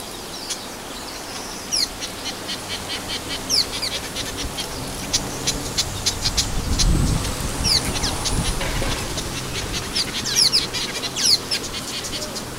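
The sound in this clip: Orange weaver calls: sharp high chirps repeated in quick irregular bursts throughout, over steady background hiss with a brief low rumble midway.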